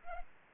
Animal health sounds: mosquito wingbeat signal from an infrared sensor; Culex pipiens

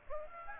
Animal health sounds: mosquito wingbeat signal from an infrared sensor; Aedes aegypti

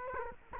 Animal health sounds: mosquito wingbeat signal from an infrared sensor; Culex quinquefasciatus

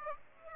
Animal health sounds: mosquito wingbeat signal from an infrared sensor; Aedes aegypti

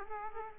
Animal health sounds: mosquito wingbeat signal from an infrared sensor; Aedes aegypti

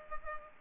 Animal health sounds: mosquito wingbeat signal from an infrared sensor; Culex pipiens

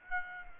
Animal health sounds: mosquito wingbeat signal from an infrared sensor; Aedes aegypti

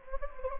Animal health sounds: mosquito wingbeat signal from an infrared sensor; Anopheles gambiae

